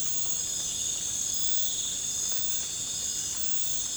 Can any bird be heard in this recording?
no